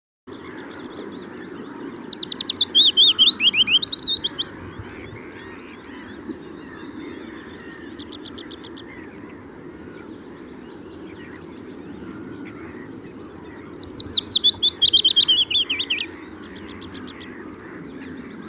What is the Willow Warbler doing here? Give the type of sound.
song